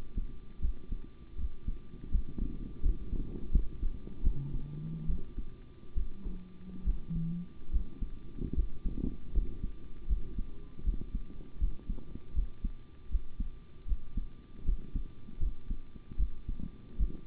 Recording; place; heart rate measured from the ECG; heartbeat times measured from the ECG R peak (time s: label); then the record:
heart sounds by stethoscope; between the tricuspid and mitral areas; 77 bpm
0.60 s: heartbeat
1.36 s: heartbeat
2.10 s: heartbeat
2.81 s: heartbeat
3.50 s: heartbeat
4.22 s: heartbeat
5.07 s: heartbeat
5.95 s: heartbeat
6.84 s: heartbeat
7.70 s: heartbeat
8.54 s: heartbeat
9.32 s: heartbeat
10.07 s: heartbeat
10.83 s: heartbeat
11.58 s: heartbeat
12.33 s: heartbeat
13.09 s: heartbeat
13.86 s: heartbeat
14.64 s: heartbeat
15.38 s: heartbeat
16.17 s: heartbeat
16.97 s: heartbeat
From the record:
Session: rest, sitting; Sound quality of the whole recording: good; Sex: male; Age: 25 years